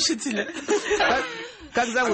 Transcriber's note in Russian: смех